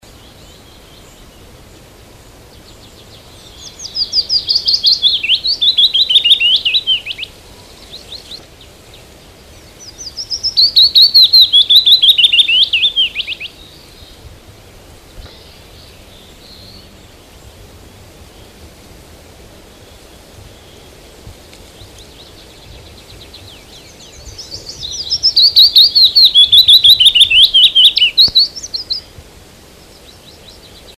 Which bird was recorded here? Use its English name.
Willow Warbler